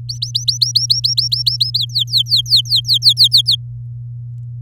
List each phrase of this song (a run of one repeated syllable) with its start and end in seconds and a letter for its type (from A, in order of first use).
0.09-1.78 A, 1.79-3.56 B